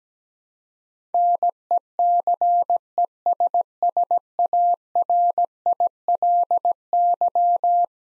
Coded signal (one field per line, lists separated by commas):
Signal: Morse code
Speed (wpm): 17 wpm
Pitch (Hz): 700 Hz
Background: none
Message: NECESSARILY